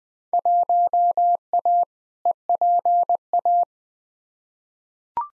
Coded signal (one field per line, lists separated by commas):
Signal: Morse code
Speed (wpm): 20 wpm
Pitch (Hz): 700 Hz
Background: none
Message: 1A EPA